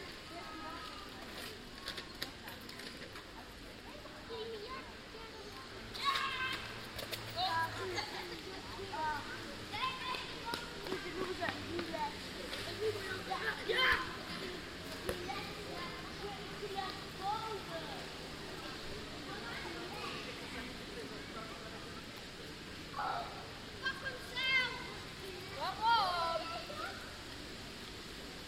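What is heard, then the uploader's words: Kids playing on the Rabbijn Maarsenplein, their voices and shouts overlapping in a steady, busy murmur. Louder bursts of calls and squeals rise around 6, 14 and 23–26 seconds, with a low hum and scattered clattering underneath throughout. Kids playing on the Rabbijn Maarsenplein.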